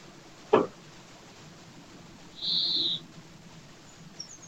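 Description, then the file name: European greenfinch giving one drawn-out buzzy wheeze lasting about half a second, preceded by a sharp knock and followed by faint high chips. "Chloris chloris"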